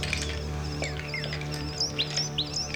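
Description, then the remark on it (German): Small birds chirp excitedly in quick, high-pitched bursts and rising tweets, overlapping one another over a steady low hum. “Dabei stiegen direkt hinter ihm schon dicke Rauchschwaden auf und die kleinen Vögel begannen aufgeregt zu piepsen.”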